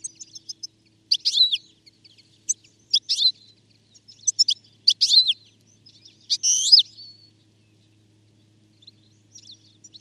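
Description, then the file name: European goldfinch calls, bright twittering bursts of quick liquid notes, given in clusters with short silent gaps between, no other sounds. "Carduelis carduelis"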